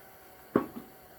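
A heavy torque converter for a 2010 Ford Fusion is rotated and pushed onto the automatic transmission's input shaft, giving one loud, low clunk at 0.6 s followed by a fainter knock just after. It is not the third clunk, and the converter is still not fully seated.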